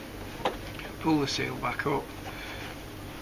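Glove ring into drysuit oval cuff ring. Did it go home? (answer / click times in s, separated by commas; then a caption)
yes / 0.5 s. A plastic dry glove ring is pushed inside a drysuit's oval cuff ring and flicked out until it clicks into place. A short, sharp click is heard at 0.5 s, and someone talks afterward. The glove ring is seated in the cuff.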